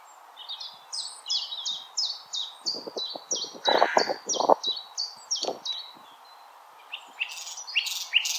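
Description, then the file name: Common nightingale delivering a long series of evenly repeated sharp notes, with harsh lower-pitched rasping sounds breaking in midway, then a few loud bright phrases. Recorded on 16 April 2021. "Nightingale-210416"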